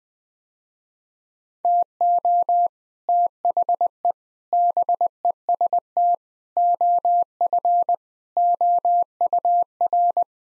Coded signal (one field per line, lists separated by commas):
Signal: Morse code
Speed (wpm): 21 wpm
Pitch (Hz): 700 Hz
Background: none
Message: TO THE BEST OF OUR